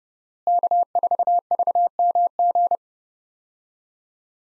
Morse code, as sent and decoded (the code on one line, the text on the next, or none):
-.- ....- ...- -- --.
K4VMG